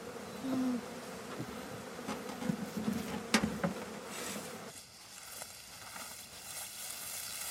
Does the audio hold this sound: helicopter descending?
no